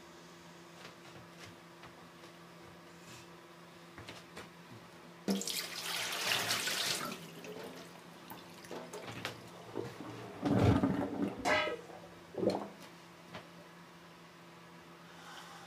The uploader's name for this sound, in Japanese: 煮物と包丁研ぎ